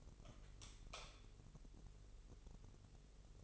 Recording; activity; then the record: daily activity, microphone in the room; light on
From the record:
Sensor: 4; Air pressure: 996.1 hPa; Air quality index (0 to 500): 69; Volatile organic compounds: 2 ppm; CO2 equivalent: 1259 ppm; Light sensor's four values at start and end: 15/33/13/13 and 17/45/17/18